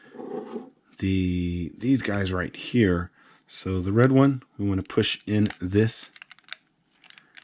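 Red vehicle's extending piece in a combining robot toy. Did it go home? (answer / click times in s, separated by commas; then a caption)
yes / 7.1 s. Someone talks, then pushes the extending piece on the red vehicle of a die-cast and plastic Soul of Chogokin GX-88 Voltron Vehicle Force Dairugger XV combining robot toy out to its extended position. A few faint plastic taps follow, and a small click at 7.1 s marks the piece seating into place.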